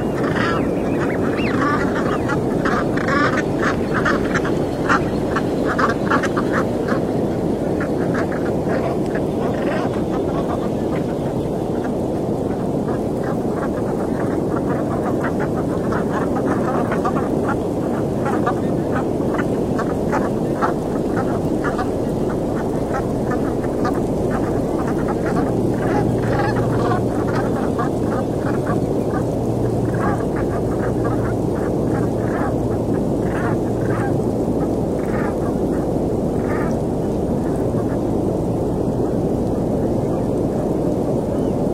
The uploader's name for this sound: The endless seaside, the breath of the ocean floating in the air, the call and healing from seabirds